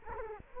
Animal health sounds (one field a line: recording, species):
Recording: mosquito wingbeat signal from an infrared sensor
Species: Culex quinquefasciatus